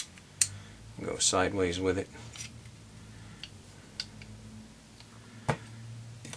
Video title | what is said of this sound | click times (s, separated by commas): Field Stripping a 1911.wmv | it in until it clicks | 0.4 s